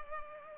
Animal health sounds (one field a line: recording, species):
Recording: mosquito wingbeat signal from an infrared sensor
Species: Culex pipiens